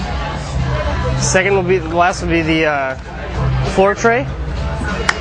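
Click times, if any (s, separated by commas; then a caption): 5.1 s. The floor tray of a Dye Rotor paintball loader is pressed into the plastic loader body during reassembly while someone talks over background music. A sharp click at 5.1 s marks the tray snapping into place, seated.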